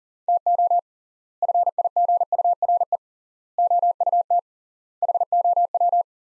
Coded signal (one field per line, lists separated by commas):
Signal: Morse code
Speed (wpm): 40 wpm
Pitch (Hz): 700 Hz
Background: none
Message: TO FIGURE OUT HOW